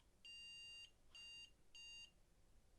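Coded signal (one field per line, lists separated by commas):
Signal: beep code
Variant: ASUS motherboard BIOS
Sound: one long high-pitched beep followed by two shorter beeps, evenly spaced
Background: quiet room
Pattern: 1 long, 2 short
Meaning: One long and two short beeps is a POST error, commonly a video or graphics adapter fault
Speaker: are we still going to have the one long and two short beeps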